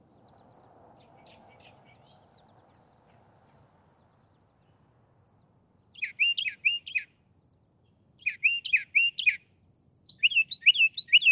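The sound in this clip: Northern mockingbird song: after faint noise and a quiet spell, three groups of quick, varied chirpy notes.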